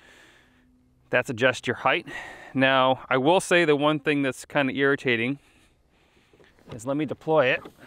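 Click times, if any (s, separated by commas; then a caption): none. Someone talks while deploying a bow-mounted Minn Kota Terrova iPilot trolling motor, whose shaft has to drop into the key at the bottom of the mount collar so it doesn't just sit there and spin. Nothing has seated or clicked yet; the shaft is handled but not yet home.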